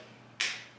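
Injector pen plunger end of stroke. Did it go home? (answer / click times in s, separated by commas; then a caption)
yes / 0.4 s. A Mounjaro injector pen delivering a 5 mg dose gives its second click at 0.4 s as the plunger finishes pushing the dose down. The click is a single sharp, bright snap after near silence, and it fades over about a third of a second. The plunger is confirmed fully deployed in the window.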